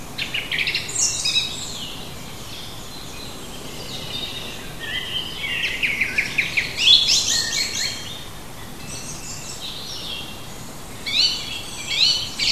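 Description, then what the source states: Bird song of rapid, scratchy twittered phrases coming in several bursts separated by short pauses, over a constant low background hiss. Native bird of a hedgerow habitat, recorded in June.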